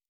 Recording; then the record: hydrophone in a shrimp aquaculture tank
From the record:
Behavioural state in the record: normal